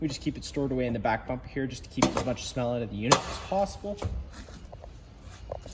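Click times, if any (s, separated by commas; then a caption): 5.5 s. Someone talks while the end cap is pushed back onto the rear bumper tube of a 2024 Chaparral 336 TSIK trailer, where the sewer hose is stored to keep as much smell out of the unit as possible. A sharp snap at 5.5 s marks the cap seating into place.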